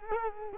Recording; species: mosquito wingbeat signal from an infrared sensor; Culex quinquefasciatus